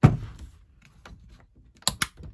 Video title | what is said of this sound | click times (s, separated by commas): Service Kit az MS 171, MS 181, MS 211 láncfűrészhez - Stihl szerviz készlet beszerelése | you hear those little clicks in place and it's really nice and firm. | 1.9 s, 2.0 s